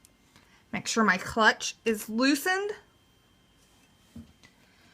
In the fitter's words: and then push that down so it locks in